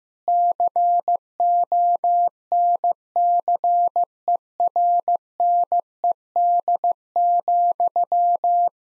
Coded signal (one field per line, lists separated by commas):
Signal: Morse code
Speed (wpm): 14 wpm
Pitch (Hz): 700 Hz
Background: none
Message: CONCERNED,